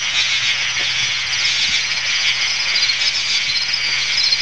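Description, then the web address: Insects in a shrill, constant chorus of overlapping pulsing trills, steady throughout, over a faint low hum. Insects calling in a swamp. "Wei-Hsiang Liao gen Insects In A Swamp"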